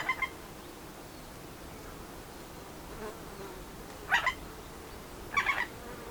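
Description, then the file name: Eurasian jay giving harsh, rasping screeches: one brief call at the start, then two more about a second apart near the end, over a steady low background hiss. "Garrulus glandarius"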